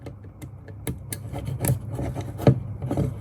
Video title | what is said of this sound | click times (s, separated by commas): How to install the Micro-Air Easy Touch RV Thermostat - Upgrading Eleanor | and you'll actually hear it catch. | 0.9 s